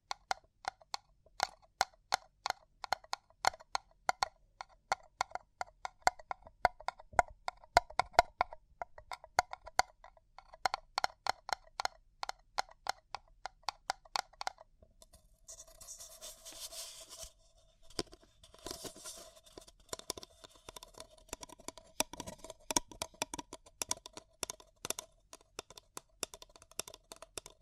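Paper cup tingles: quick, crisp taps and clicks come in dense, uneven bursts through the first half. Around the midpoint a bright, hissy crinkling and rustling takes over for a few seconds, then sparser tapping and crunching sounds continue to the end.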